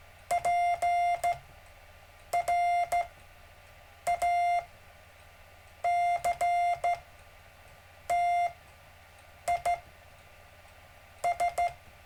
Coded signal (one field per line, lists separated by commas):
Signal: Morse code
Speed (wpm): 14 wpm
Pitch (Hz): 700 Hz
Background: none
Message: PRACTI S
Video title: David Casler Live Stream Morse Code 1 17 Feb 2018